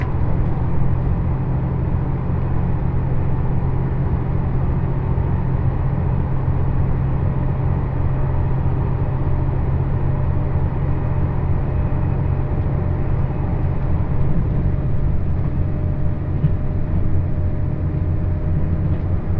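Onboard the Uzushio limited express on the Kotoku Line, a steady low rumble of the train runs through all nineteen seconds with no pauses. A faint tone hums above the drone throughout, and the level stays even, with little change from start to finish.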